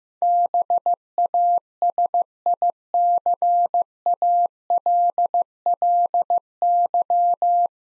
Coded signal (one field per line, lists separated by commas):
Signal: Morse code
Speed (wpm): 15 wpm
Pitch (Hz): 700 Hz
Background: none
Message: BASICALLY